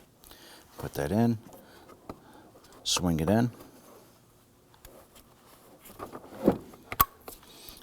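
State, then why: Seated. Someone talks while the door release cable is fed into the inner door handle on the front door panel of a 2015-2020 Ford F-150, then swung in and pressed into its retainer. Soft handling sounds follow, and one sharp click at 7.0 s shows the cable locking into place, seated.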